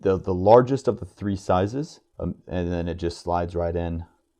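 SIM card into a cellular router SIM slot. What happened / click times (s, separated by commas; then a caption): The card is being handled and has not seated yet / none. Someone talks while a 2FF SIM card is slid into a SIM slot on a Peplink Transit Pro E cellular router. Only speech is heard, with no click or impact sounds. Nothing has seated or clicked yet when the clip ends.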